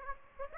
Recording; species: mosquito wingbeat signal from an infrared sensor; Aedes aegypti